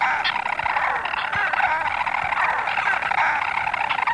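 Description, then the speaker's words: European storm petrels giving a dense, continuous chorus of purring, churring calls. Several birds calling at night on Skellig Michael, Ireland, on a calm summer's night with flat sea, welcoming partners home to nesting burrows. "The sea is completely flat, and the only sound I can hear are the storm petrels calling to welcome their partners home."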